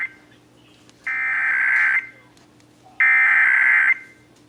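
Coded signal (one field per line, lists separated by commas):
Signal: Emergency Alert System (SAME) tones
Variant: header bursts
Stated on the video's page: Texas Required Monthly Test heard on radio and TV stations WBAP, KSCS, KDAF, KDFW, KTVT, WFAA and KXAS.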